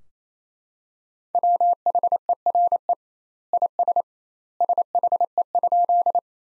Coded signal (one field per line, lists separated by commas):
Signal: Morse code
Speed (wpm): 28 wpm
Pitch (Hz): 700 Hz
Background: none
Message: WHERE IS SHE?